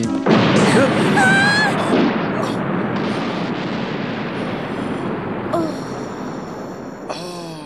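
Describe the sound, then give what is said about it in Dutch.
A loud explosion of the captain's boat in the harbour bursts out at once, starting a huge fire; a dense, roaring rumble carries on for several seconds and slowly eases off, with a few thin whistling tones flickering through it. “In de verte zien ze een enorme vuurzee die veroorzaakt is door de explosie.”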